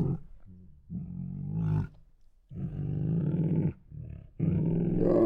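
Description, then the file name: Tiger growls, low and rumbling, coming in uneven bursts separated by brief quiet gaps, the final growl rising louder. Two hungry tigers making many snorts. "Two Tigers Make Many Hungry Snorts [Sound Ideas]"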